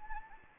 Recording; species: mosquito wingbeat signal from an infrared sensor; Anopheles gambiae